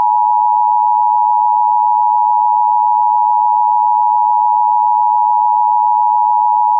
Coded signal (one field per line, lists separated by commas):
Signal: Emergency Alert System (SAME) tones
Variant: 853 and 960 Hz attention tone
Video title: EAS 163-165 - More EAS Alerts from the Repository